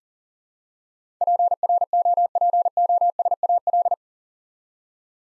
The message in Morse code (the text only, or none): PROPOSAL